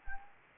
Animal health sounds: mosquito wingbeat signal from an infrared sensor; Anopheles gambiae

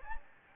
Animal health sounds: mosquito wingbeat signal from an infrared sensor; Anopheles gambiae

